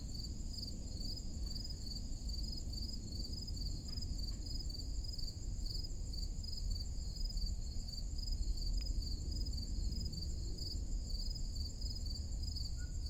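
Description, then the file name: Cricket chorus, high-pitched pulsed chirps repeating without pause, a faint click or two and a soft low rumble in the background. Forest clearing on a summer morning. "Crickets in Forrest Clearing on Summer Morning"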